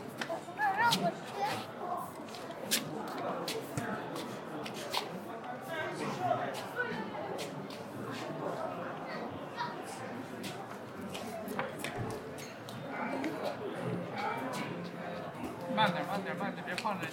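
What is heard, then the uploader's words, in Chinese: An Apple Store in Sanlitun, Beijing, at eight in the evening: a dense, steady murmur of many overlapping voices fills the whole clip. Short clicks, taps and footsteps break through often, with a few brighter knocks and a louder swell near the end. 晚上八点的Apple店｜城市声音。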